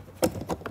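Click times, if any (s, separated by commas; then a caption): 0.2 s, 0.5 s, 0.7 s. The plastic inner door trim panel of a VW T6.1 van is pressed back on so its retaining clips snap into the door frame. Three sharp plastic snaps are heard at about 0.2, 0.5 and 0.7 seconds. The clips are seated and the panel is in place.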